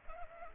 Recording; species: mosquito wingbeat signal from an infrared sensor; Culex pipiens